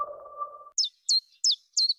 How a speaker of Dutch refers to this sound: Wanneer hoor jij de eerste tjiftjaf?